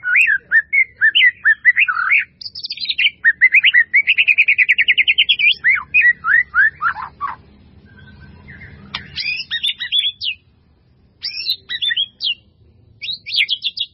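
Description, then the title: White-rumped Shama song: rich varied phrases of slurred whistles and rapid repeated notes, a fast trill near four seconds, brief pause, then sharp high phrases; low hum beneath. "murai batu"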